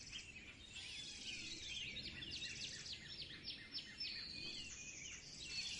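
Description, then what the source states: Bird calls: many high twittering and trilled notes overlapping continuously over steady background hiss. In spring.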